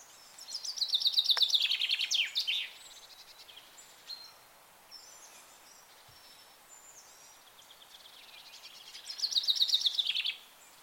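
Bird chirping in two bursts, a rapid high trilled phrase at the start and another near the end, with faint thin notes in the quiet middle.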